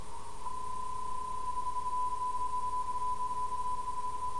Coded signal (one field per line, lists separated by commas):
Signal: PSK31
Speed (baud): 31.25 baud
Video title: Live Stream Archive - HF hangout, Digital modes, recorded April 21st, 2018